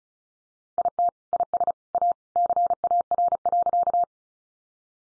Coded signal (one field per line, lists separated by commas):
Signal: Morse code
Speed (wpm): 34 wpm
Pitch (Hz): 700 Hz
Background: none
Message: IT IS A CAR.